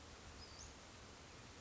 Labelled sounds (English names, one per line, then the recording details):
Western Flycatcher
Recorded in Sonoma County, California